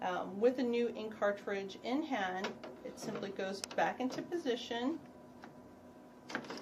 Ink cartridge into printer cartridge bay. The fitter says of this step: back in until you hear the click and